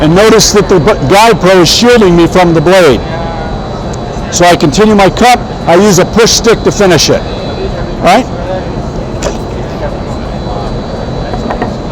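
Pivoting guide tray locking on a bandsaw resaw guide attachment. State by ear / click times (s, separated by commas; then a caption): seated / 11.5 s, 11.6 s. A man talks while finishing a cut on a bandsaw with a push stick, with a steady background hum throughout. He then locks the pivoting guide tray of the bandsaw resaw guide attachment, producing two short, sharp hits at 11.5 s and 11.6 s, and the guide locks into place.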